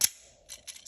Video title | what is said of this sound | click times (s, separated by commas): My INCREDIBLE Experience at TFCON Chicago 2025! #transformers #tfcon | snaps into place good to go. | 0.0 s